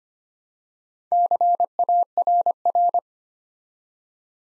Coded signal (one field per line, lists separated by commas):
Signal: Morse code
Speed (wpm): 25 wpm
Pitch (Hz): 700 Hz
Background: none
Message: CARR